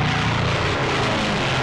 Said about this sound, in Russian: Над полем пикирует двухмоторный Мессершмитт БФ-110.